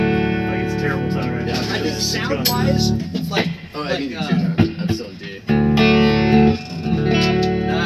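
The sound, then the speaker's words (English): An electric guitar washed in ambient effects rings out in thick, sustained chords with a shimmering, chorus-like wobble, thins to wavering notes midway, then swells back to a loud, droning wall of tone. “Oh, just like ambient sounds? Yeah. Wow, that's a It's not a quality pedal.”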